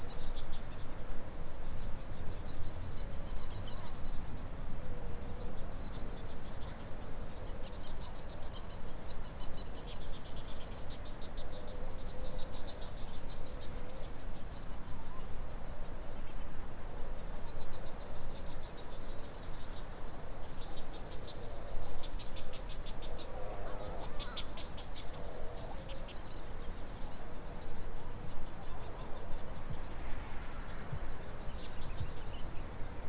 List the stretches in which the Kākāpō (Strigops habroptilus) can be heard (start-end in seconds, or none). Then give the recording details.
27.99-32.23. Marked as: faintness 5/5. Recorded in New Zealand. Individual Stumpy